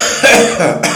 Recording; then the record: coughing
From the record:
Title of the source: Wet Throat Infection Cough